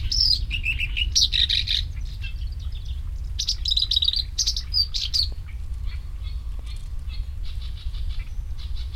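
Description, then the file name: Black-browed reed warbler song, a rapid jumble of harsh chattering and buzzy notes mixed with thin whistles, in bursts with short pauses over steady low rumble. "warbler-black-browed-reed a-Acrocephalus-bistrigiceps"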